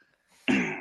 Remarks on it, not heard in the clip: Those noises that you hear are me, and that's just part of the disorder. Tourette syndrome is a genetic neurological disorder that causes involuntary vocalizations and physical movements.